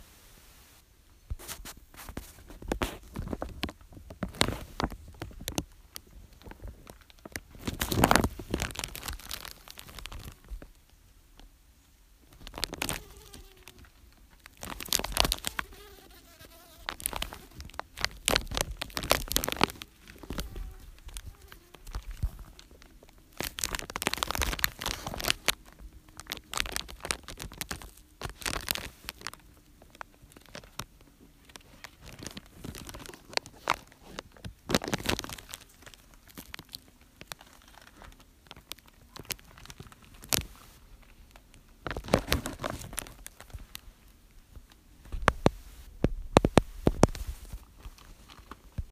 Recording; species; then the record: mosquito flight sound by mobile phone; Aedes sierrensis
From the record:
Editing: field recording with all noises